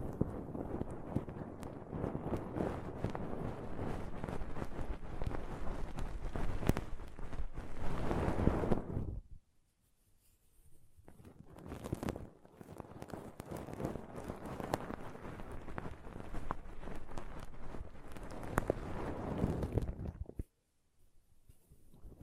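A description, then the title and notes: Soft, dense rustling of pom poms being squished and brushed, a steady fuzzy scratching with small taps mixed in. The sound runs thick for about nine seconds, drops to near silence with faint touches until around twelve seconds, then resumes before stopping again near twenty. ASMR Ultimate Pom Pom Tingles (No Talking).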